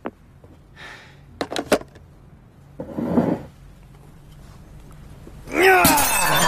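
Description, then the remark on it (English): A few sharp knocks and a rough scraping rustle, then a loud crash of breaking glass as an empty wine bottle is smashed on the edge of a dining table, its bright, ringing shards tinkling on to the end. “Chip smashes an empty wine bottle on the edge of his dining table.”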